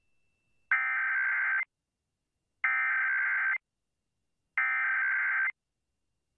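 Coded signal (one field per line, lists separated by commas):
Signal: Emergency Alert System (SAME) tones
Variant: header bursts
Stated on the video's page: National EAS test as aired on Miami and Orlando TV stations, plus a Wireless Emergency Alert received on a phone.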